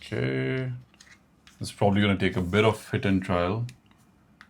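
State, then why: Seated. A small plastic button insert is pushed through into a rugged plastic phone case after some trial and error while someone talks. It clicks into place at 4.4 seconds, seated.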